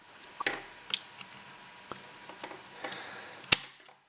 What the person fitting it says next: There you go. Oh, wow. Also a very satisfying click.